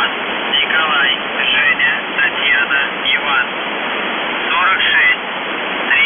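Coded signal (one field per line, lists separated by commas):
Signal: numbers station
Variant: UVB-76, Russian voice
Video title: The Buzzer/UVB-76(4625Khz) September 20, 2021 07:51UTC Voice message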